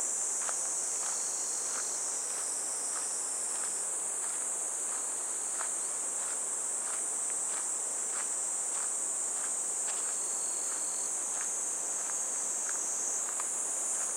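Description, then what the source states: Cicada song as a constant high buzzing whine, with a faint second tone flickering in and out and steady walking footsteps throughout. Recorded while walking a riverbank embankment path on a fresh, clear morning toward a weir; cicada voices gradually give way to the sound of water falling over the weir.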